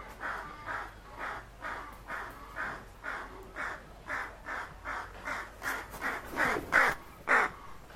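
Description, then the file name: Southern crested caracara giving a harsh, raspy series of grating notes about twice a second, growing louder toward the end, over a steady background hum. Recorded at a wildlife sanctuary and monkey park; stereo audio. "Caracara plancus in World of Birds Wildlife Sanctuary and Monkey Park"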